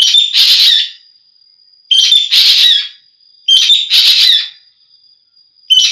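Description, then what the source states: Javan green magpie song: shrill whistled notes run into rasping bursts, repeated roughly every one and a half seconds, with a faint continuous high whine between phrases. Song variations.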